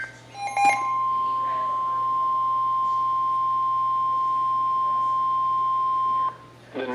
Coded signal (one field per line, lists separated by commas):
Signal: Emergency Alert System (SAME) tones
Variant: 1050 Hz attention tone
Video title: (EAS #466-467) Severe Thunderstorm Warning (KEC55)